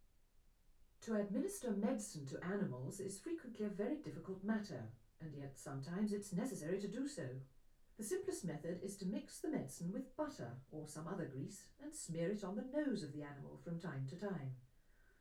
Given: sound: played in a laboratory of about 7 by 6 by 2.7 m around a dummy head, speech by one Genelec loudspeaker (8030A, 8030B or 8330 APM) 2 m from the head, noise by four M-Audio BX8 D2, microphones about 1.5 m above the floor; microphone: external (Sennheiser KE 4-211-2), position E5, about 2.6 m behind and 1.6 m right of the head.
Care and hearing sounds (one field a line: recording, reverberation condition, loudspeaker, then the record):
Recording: female speech in English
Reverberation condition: low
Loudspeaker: 120 degrees to the left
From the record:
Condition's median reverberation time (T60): about 310 ms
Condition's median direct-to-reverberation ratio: about 3.5 dB